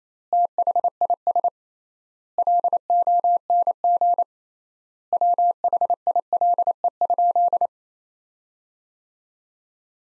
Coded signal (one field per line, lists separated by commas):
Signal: Morse code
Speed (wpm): 28 wpm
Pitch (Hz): 700 Hz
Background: none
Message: THIS LONG WHILE?